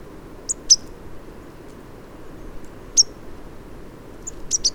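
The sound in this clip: Marsh tit calls, a few brief high sharp notes scattered throughout, spaced irregularly over a low steady background hiss.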